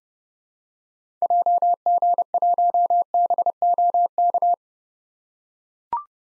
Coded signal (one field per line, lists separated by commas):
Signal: Morse code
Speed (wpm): 30 wpm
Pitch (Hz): 700 Hz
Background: none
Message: JG1BOK